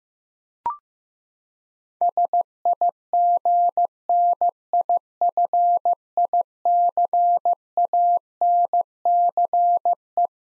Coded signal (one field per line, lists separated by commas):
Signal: Morse code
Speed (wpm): 15 wpm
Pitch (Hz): 700 Hz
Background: none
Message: SIGNIFICANCE